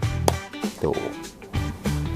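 One knob of a Xiaomi Robot Vacuum S40C/H40 accessory is set into its slot on the mount, then the other side is pressed in, giving one sharp click at 0.3 s as it seats. Music plays throughout and someone talks briefly afterward.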